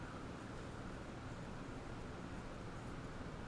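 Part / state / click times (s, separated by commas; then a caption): bottom piece of a plastic Death Star miniature going onto its other half / not seated / none. The bottom piece of a plastic Death Star miniature is being pressed onto its other half. Only a steady, even broadband hiss is heard, with no distinct snap or knock. The piece has not clicked into place yet.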